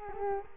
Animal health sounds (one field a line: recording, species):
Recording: mosquito wingbeat signal from an infrared sensor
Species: Culex quinquefasciatus